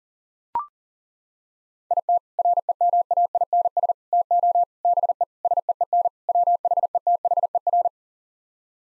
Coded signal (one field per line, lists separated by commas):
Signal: Morse code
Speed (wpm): 40 wpm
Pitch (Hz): 700 Hz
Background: none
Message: IT REMAINS TO BE SEEN WHETHER